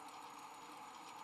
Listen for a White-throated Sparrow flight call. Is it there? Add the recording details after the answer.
no. No flight call is heard. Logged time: 11:16 on 19 December 2014